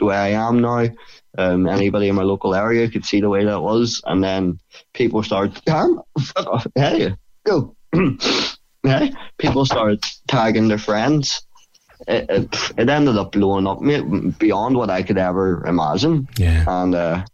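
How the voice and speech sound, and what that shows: A young man with Tourette's speaks in a low, fluent voice with an Irish accent. Mid-sentence he suddenly blurts a short expletive, "f— off, go," then pauses and repeats the interrupted phrase. The outburst is an involuntary vocal tic with coprolalia. He swears a lot and cannot help it, saying things he does not mean and cursing at people.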